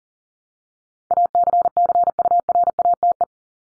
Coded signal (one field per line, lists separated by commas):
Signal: Morse code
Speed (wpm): 39 wpm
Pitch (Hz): 700 Hz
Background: none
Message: ACCURATE